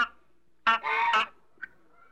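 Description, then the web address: African goose giving one loud harsh honk after a brief opening note, followed by a short faint squeak. "bird african goose calls animal"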